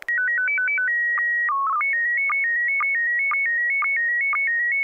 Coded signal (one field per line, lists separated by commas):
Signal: SSTV (slow-scan television)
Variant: PD 120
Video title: N6NA SSTV Net - 04/07/2021